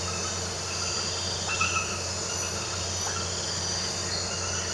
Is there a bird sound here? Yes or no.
no